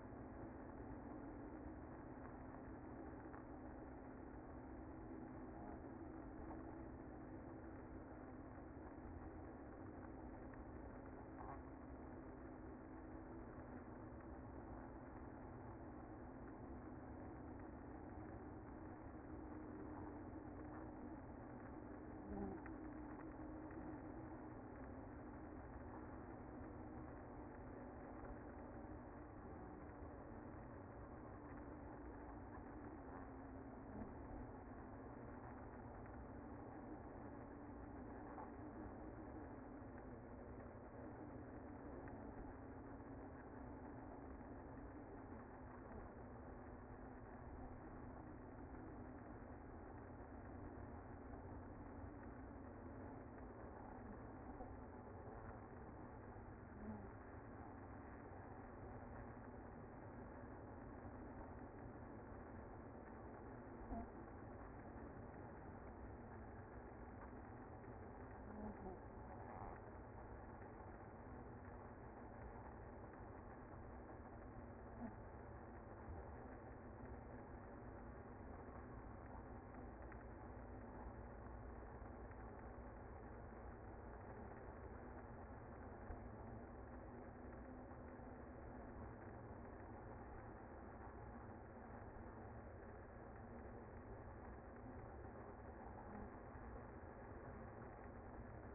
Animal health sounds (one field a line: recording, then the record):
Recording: honeybee colony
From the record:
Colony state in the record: active